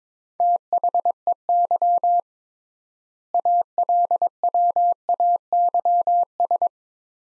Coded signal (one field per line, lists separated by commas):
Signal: Morse code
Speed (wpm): 22 wpm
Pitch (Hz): 700 Hz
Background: none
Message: THEY ALWAYS